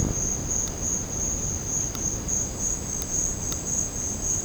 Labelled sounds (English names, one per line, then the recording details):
none
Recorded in secondary vegetation near Puerto Asís, Putumayo, Colombia, on 9 March 2025 at 14:30
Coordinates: 0.481, -76.318
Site G097